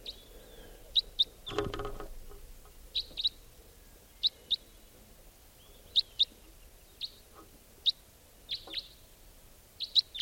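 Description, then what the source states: White-winged crossbill flight calls, short dry chips given singly and in pairs throughout, with a brief burst of noise near the two-second mark. Wild bird flying over, recorded at 6:25 a.m.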